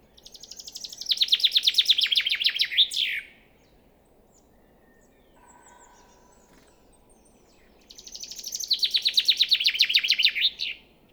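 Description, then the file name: Common chaffinch singing two cheerful descending trills separated by a pause of several seconds, each ending with a sharp flourish; a faint tone between phrases. "Fringilla coelebs"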